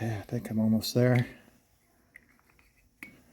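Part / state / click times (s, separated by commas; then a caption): brush holder part into starter motor brush plate groove / seated / 3.0 s. While new brushes are fitted to a Honda/Acura Mitsuba car starter motor, a brush-holder part is pushed into the groove in the starter's brush plate as someone talks. A few faint ticks are heard around 2.2 to 2.6 s, then a sharp click at 3.0 s as the part snaps into the groove and is seated properly to make a connection.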